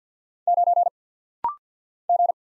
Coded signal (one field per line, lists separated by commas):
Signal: Morse code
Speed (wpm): 49 wpm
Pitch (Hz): 700 Hz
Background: none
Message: 9 G